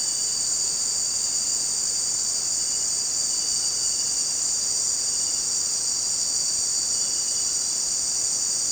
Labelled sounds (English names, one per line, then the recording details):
none
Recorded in dense forest near Puerto Asís, Putumayo, Colombia, on 29 June 2025 at 18:30
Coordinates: 0.484, -76.317
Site G045